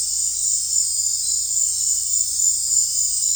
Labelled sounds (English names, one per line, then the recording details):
none
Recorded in dense forest near Puerto Asís, Putumayo, Colombia, on 16 December 2024 at 19:30
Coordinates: 0.466, -76.327
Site G075